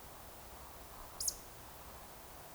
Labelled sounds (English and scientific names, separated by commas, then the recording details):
Eurasian Woodcock (Scolopax rusticola) whistle, Eurasian Woodcock (Scolopax rusticola) croak
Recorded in Baden-Württemberg, Germany, on 29 June 2020 at 02:31 UTC
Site 43791, 788 m above sea level